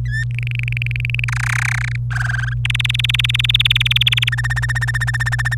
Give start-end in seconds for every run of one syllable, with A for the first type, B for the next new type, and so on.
0.06-0.25 A, 0.31-1.24 B, 1.28-1.96 C, 2.11-2.54 D, 2.65-4.29 E, 4.32-5.55 F